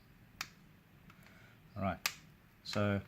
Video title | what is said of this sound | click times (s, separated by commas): Manual Capsule Making Machine | Now if you work with capsules, you can actually feel and hear there's a slight clicking noise taking place. | 0.4 s